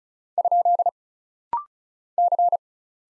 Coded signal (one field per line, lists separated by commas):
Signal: Morse code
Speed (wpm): 36 wpm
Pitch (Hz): 700 Hz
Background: none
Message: ? C